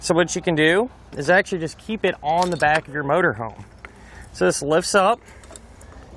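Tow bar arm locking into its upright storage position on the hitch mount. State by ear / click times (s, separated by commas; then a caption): not seated / none. Someone talks while the steel Roadmaster Nighthawk All-Terrain tow bar with LED lights, set up for a 2020 Ford Ranger, is lifted up toward its upright storage position on the hitch mount at the back of a motor home. Two brief sharp sounds come near 5.6 s and 5.8 s, but the tow bar arm has not yet locked into place, and nothing has seated or clicked by the end of the clip.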